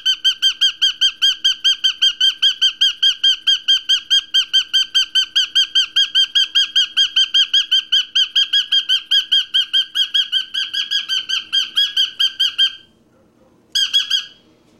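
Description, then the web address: Cockatiel giving a long run of shrill, clipped chirps, about two to three each second, for twelve seconds, then a brief silence before a few more. "papagali a korela"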